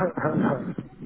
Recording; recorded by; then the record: voluntary cough; telephone call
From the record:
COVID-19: negative